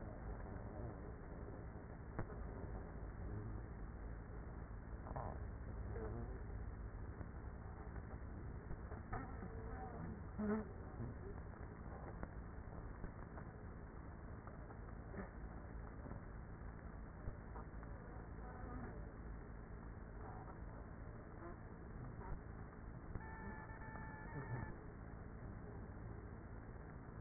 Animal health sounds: honeybee colony, microphone inside the hive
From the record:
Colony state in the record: queenless with a low population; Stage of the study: after two queens were removed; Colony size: about 30,000 bees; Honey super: no

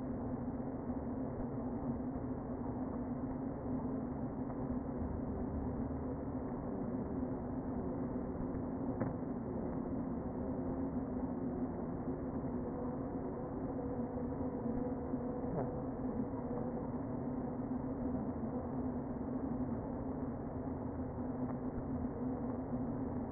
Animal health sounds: honeybee colony, microphone inside the hive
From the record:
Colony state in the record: queen present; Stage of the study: before two queens were removed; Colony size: about 60,000 bees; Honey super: yes

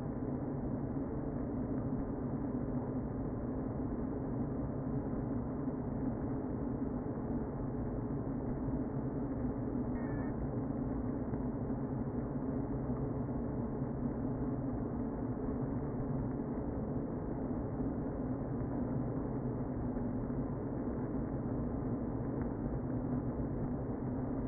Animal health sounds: honeybee colony, microphone inside the hive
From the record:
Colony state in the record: queen present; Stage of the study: before two queens were removed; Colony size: about 60,000 bees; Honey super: yes

